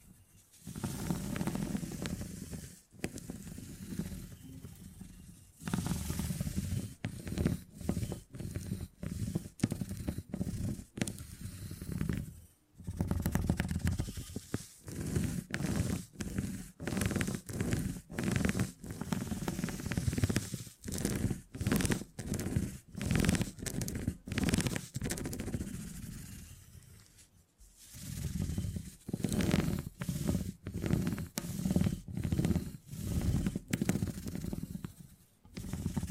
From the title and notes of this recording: ASMR 20 Brain Tingly Sounds Using Beeswax (No Talking).